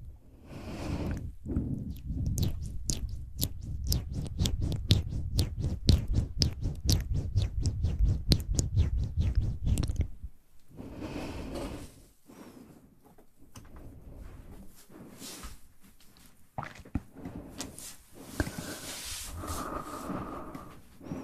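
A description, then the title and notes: Close mouth sounds, very near: for the first ten seconds a rapid, regular run of wet clicks and pops, dense and full. After that it turns quieter and sparser, with scattered soft smacks, squishy noises and brief breathy bits until the end. ASMR Close Mouth Sounds.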